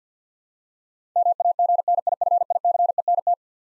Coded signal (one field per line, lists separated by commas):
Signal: Morse code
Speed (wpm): 50 wpm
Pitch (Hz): 700 Hz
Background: none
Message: MAGNIFICENT